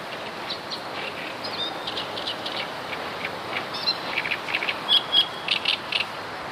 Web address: wroblowe kolekcja trzciniak